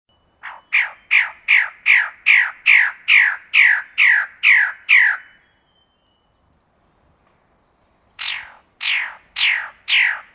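Bird singing a rapid run of over a dozen harsh, downward-sweeping notes, a pause of about three seconds with a faint steady hum, then several more matching notes.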